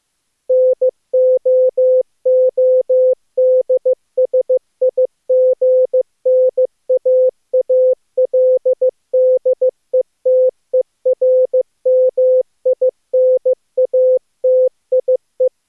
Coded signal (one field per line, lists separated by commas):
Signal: Morse code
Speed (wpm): 26 wpm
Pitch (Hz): 510 Hz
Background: none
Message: NOODSIGNAALDETERMINATIE